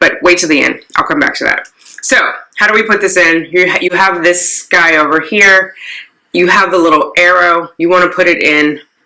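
Someone talks while a plastic Clearblue Advanced Digital ovulation test stick is lined up by its little arrow to be pushed into the digital test holder. Nothing has seated or clicked yet: the stick is still being handled and is not home by the end of the clip.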